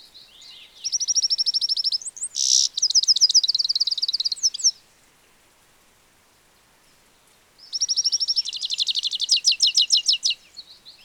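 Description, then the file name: European goldfinch giving high, rapid twittering phrases of quick repeated notes, with a bright buzzy burst early on, a pause of about three seconds, then another fast liquid series. "Carduelis carduelis"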